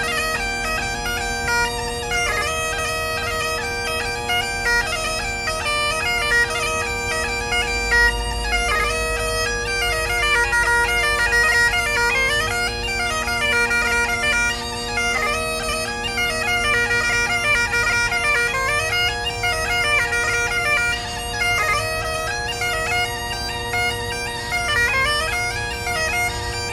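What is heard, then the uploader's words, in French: A bagpipe player rehearses, the steady drones holding one unbroken tone underneath the whole time. Above them the chanter runs a quick, busy melody of short ornamented notes, loud, with no pauses across the clip. Rencontre avec un joueur de cornemuse en pleine répétition. Enregistré sur les quai de seine, à Bercy.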